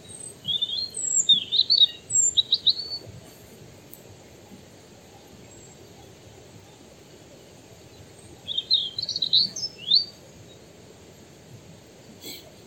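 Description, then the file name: European robin song in two bursts of thin, high, varied warbling phrases with quick slurred notes, separated by about five seconds of quiet with a low background hiss. "Erithacus rubecula"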